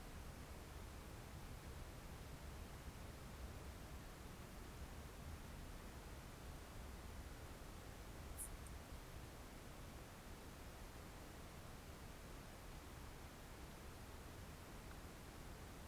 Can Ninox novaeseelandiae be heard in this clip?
no